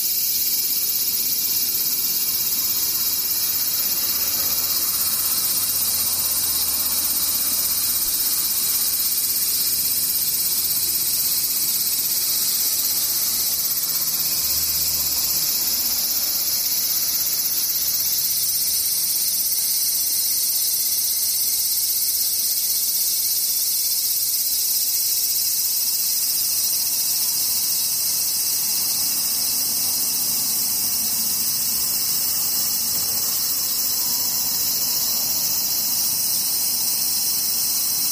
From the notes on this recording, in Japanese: ムシ